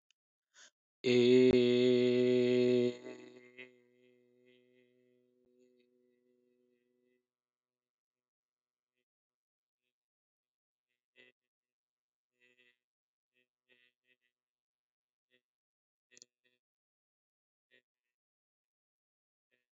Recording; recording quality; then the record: sustained vowel as in made; excellent, no background noise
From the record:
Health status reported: healthy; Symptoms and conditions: none ticked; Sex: male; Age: 25 years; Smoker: not ticked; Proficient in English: yes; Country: India